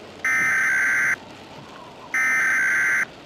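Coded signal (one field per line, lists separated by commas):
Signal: Emergency Alert System (SAME) tones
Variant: header bursts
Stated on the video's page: Fictional tornado EAS scenario for entertainment, containing valid EAS tones.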